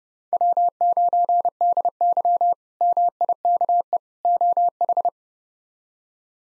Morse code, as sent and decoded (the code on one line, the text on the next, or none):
.-- ----. -.. -.-- / -- .. -.- . / --- ....
W9DY MIKE OH